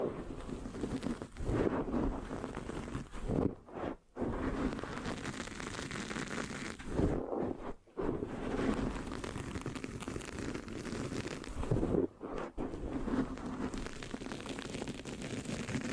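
Mic scratching fills the clip with a dense, rough, rustling texture, broken by brief silent gaps near four, eight and twelve seconds.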